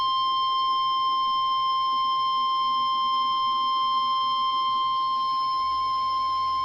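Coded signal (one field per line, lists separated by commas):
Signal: Emergency Alert System (SAME) tones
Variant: 1050 Hz attention tone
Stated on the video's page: NOAA weather radio severe thunderstorm warning from transmitter KEC58 in Erie, PA.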